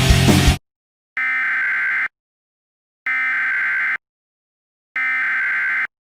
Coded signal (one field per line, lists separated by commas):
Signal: Emergency Alert System (SAME) tones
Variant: header bursts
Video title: EAS Scenario - Stellar Sun Collision (VALID TONES & LOUD NOISES)